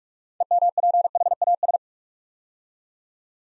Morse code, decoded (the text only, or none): EMPHAS